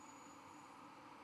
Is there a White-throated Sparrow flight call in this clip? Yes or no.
no